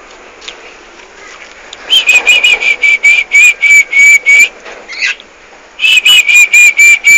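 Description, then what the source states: Black-winged myna song of loud pulsed whistles repeated rapidly, several per second, in two bouts separated by a short pause. Singing very actively and continuously.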